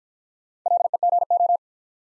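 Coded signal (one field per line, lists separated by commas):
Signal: Morse code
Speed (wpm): 49 wpm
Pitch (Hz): 700 Hz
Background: none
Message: LEGO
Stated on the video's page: Morse practice set of easy words sent at 40 wpm with contextual hints.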